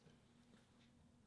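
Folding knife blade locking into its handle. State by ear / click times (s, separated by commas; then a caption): not seated / none. An automatic folding knife, the Dalton C legal with G10 inserts on the handle and no pocket clip, is handled just before its blade is fired open to lock into the handle. Only a low, steady hum and faint handling rustle are heard, with no sharp transient. Nothing has snapped or locked yet.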